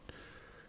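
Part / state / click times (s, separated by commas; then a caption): plastic divider into charging dock base / seated / 0.1 s. A single-prong plastic divider is pushed down into a slot in the base of a Griffin PowerDock 5 charging dock until it clips in. A sharp click sounds at 0.1 s over a low, steady background. The divider is seated securely.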